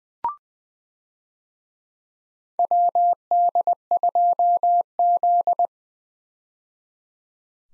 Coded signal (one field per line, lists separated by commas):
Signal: Morse code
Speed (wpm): 20 wpm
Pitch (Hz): 700 Hz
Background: none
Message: WD2Z